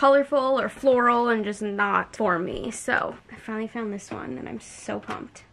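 A plastic hard protective case is being pressed onto a small earbud charging case while a woman talks throughout. The clip ends just before the case snaps into place, so nothing has seated or clicked yet.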